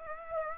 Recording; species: mosquito wingbeat signal from an infrared sensor; Aedes aegypti